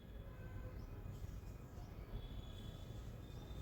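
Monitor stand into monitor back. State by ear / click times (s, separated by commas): not seated / none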